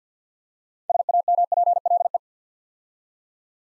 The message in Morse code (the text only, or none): SAMPLE